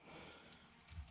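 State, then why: Not seated. A crowbar is worked against bump stop blocks to lever them into their suspension mounts on a Synergy lift kit. Only low, steady handling noise is heard, with a brief low thump near 1.0 s. Nothing has seated or snapped into place yet.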